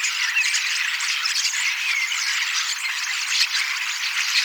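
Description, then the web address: Common starling song as a thick, unbroken babble of scratchy chatter with occasional thin whistled notes poking through. Recorded 18 October 2024; the recordist believes these are young starlings practising their song, singing and imitating several species a little. "paivat 18 10 2024 kasittaakseni kottaraisnuoret laulavat lauluharjoittelevat useita lajeja matkivat hiukan"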